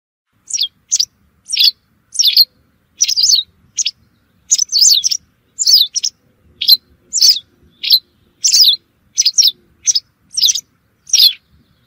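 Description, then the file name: White wagtail song, a steady stream of high, lively chirps and twitters repeated rapidly through the whole stretch, background otherwise still. "Motacilla alba"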